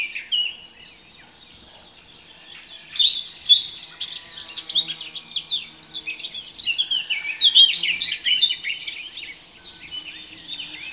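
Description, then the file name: Eurasian blackcap giving a brief opening note and a quiet pause, then a long, rich, chattering warble of mixed whistles and scratchy notes that eases off near the end. "Sylvia atricapilla"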